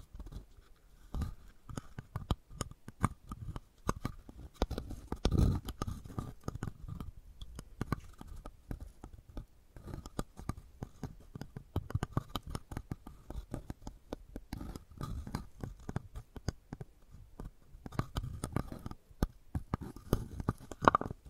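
Wooden balls clack and roll in rapid, irregular clusters of sharp knocks, with occasional heavier low thuds and a faint steady tone.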